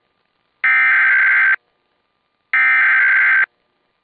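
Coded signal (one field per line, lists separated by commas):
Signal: Emergency Alert System (SAME) tones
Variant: header bursts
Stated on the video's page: Cancelled Georgia AMBER Alert recorded from radio station WPAL.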